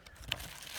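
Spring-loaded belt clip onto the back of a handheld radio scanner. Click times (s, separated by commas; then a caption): 0.3 s. A spring-loaded plastic belt clip is slid onto the back of a Uniden Bearcat SDS100 handheld radio scanner, with faint handling noise before a single sharp click at 0.3 s. The clip locks into place on the scanner.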